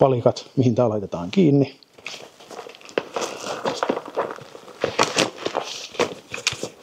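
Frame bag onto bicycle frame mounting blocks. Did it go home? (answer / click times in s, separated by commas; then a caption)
no / none. A bicycle frame bag is handled and pushed toward the mounting blocks on the upper frame tube while someone talks. Rustling and crinkling are heard, with several short, sharp knocks between about 3.8 and 6.5 seconds. Nothing has seated or clicked yet; the bag is not yet snapped into place.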